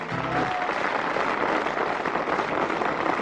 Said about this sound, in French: Pourquoi le monde applaudisse? Parce qu'il a fini de chanter et on s'en va à l'entrevue.